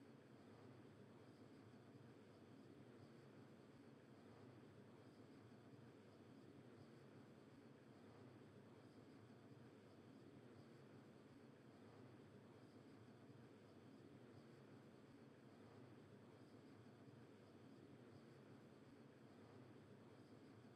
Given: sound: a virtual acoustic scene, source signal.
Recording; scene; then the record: noise of the scene; olnoise of S0N0 and S0N90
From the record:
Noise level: 65 dB SPL